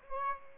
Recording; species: mosquito wingbeat signal from an infrared sensor; Aedes aegypti